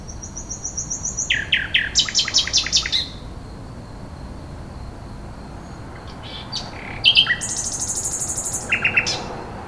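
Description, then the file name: Common nightingale song: a pure high whistle, then loud rapid repeated notes, a pause, and a buzzy high phrase ending in a few short notes. "rossignol"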